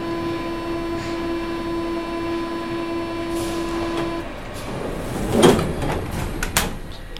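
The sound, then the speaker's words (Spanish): A steam train running between two stations, with a steady low whistle-like tone droning for the first few seconds over rumbling noise, then sharp bursts of hissing steam and clanks as the tone stops. “Es claramente un tren de vapor.”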